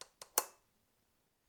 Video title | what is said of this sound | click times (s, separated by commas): OasisSpace Heavy Duty Shower Chair with Back 500lb, EVA Padded Bath Seat with Height Adjustable Tube | snap into place | 0.4 s